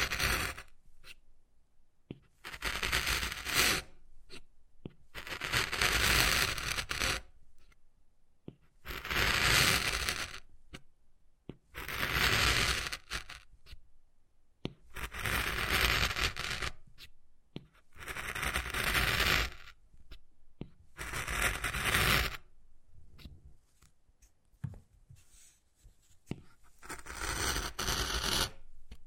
Wood Carving, Tapping and Scratching Sounds